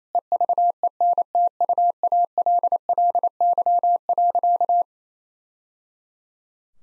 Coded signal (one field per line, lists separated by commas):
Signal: Morse code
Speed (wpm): 28 wpm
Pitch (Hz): 700 Hz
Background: none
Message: EVENTUALLY.